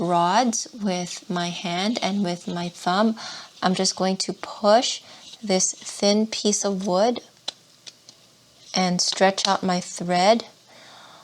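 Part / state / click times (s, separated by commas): wooden tension piece into bead loom slotted end / seated / 7.5 s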